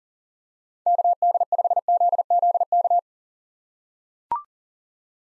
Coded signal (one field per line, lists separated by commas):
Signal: Morse code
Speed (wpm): 40 wpm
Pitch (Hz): 700 Hz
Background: none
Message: KD5ZZK